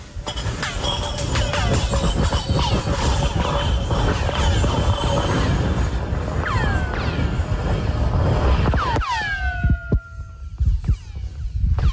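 A chunk of ice dropped down a 150-metre-deep borehole in Antarctica, from an ABC News clip: a steady, loud clattering rumble, then a run of sharp, descending whistling chirps, like sci-fi laser zaps, ringing out one after another near the end.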